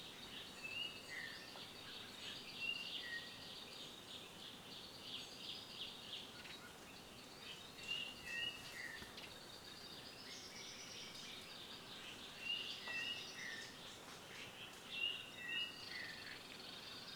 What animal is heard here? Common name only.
Brown-throated Wattle-eye